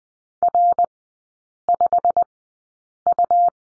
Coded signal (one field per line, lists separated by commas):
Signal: Morse code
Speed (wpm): 20 wpm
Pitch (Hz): 700 Hz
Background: none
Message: R5U